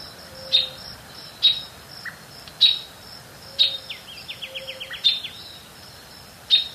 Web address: Natures Songs S America Eastern Lowlands. Furnarius leucopus, call female